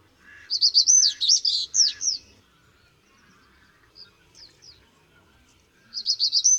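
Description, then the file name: Common reed bunting song: a fast phrase of high, sweeping chirps, a pause with a few faint single notes, then the phrase starts again. "Potrzos"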